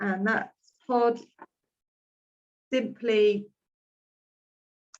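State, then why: Seated. A plastic e-liquid pod is pushed onto the battery section of an e-cigarette while someone talks. It clicks into place at 4.9 s, seated and ready to use.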